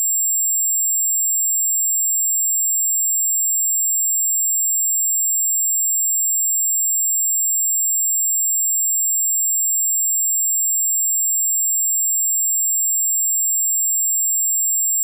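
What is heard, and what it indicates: A steady, very high-pitched ringing made of several stacked pure tones, harmonics, holds unchanged for about 15 seconds, with nothing in the low or middle range. It is a sound-effect imitation of tinnitus, the ringing in the ears.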